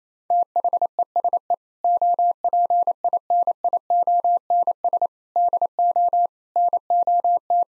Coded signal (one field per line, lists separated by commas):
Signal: Morse code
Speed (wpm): 28 wpm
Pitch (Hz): 700 Hz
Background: none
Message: THESE OPINIONS DO NOT